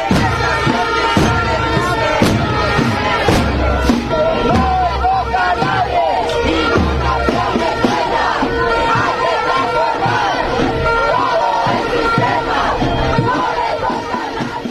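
A large crowd of protesters shouts and chants in unison in the streets of Guatemala, voices rising in loud rhythmic bursts with sharp percussive beats punctuating the roar throughout.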